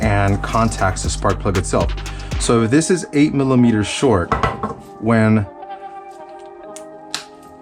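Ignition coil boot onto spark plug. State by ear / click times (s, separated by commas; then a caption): seated / 7.1 s. On a B13 Sentra SE-R coil-on-plug conversion, a coil-on-plug ignition coil boot is pushed onto the spark plug terminal during test fitting while someone talks over background music. A sharp snap at 7.1 seconds marks the boot seating onto the spark plug.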